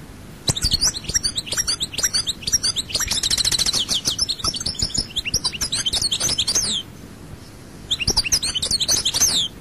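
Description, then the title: European goldfinch singing a fast, liquid jumble of high twittering notes with a rapid buzzy trill in the middle, a short pause, then more twitters. "Chant Chardonneret"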